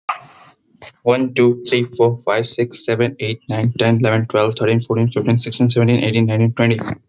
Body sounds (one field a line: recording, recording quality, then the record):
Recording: counting at a fast pace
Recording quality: excellent, no background noise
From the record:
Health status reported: healthy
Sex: male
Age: 25 years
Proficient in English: yes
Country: India